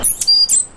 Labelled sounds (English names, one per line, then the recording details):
Stitchbird song
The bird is a male
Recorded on Tiritiri Matangi Island, New Zealand, in 2005
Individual 9, of nest box 11